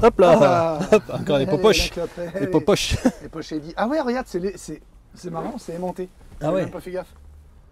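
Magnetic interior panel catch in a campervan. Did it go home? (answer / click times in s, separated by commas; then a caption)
no / none. A magnetic interior panel catch in a Bavaria Minicamp 505 BC campervan is handled while someone talks throughout. The panel has not yet been closed onto its catch, and nothing has clicked or seated yet.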